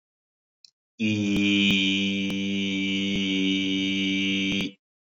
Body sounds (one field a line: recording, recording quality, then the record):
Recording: sustained vowel as in beet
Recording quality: excellent, no background noise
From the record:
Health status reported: COVID-19 positive, mild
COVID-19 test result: positive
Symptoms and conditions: cough, cold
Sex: male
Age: 26 years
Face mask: not worn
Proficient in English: yes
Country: India